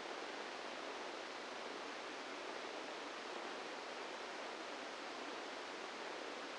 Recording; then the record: brain microelectrode recording played as sound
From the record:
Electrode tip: inside the subthalamic nucleus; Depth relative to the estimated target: -4 mm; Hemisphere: right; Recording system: NeuroSet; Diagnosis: Parkinson's disease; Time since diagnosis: 17 years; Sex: male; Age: 64 years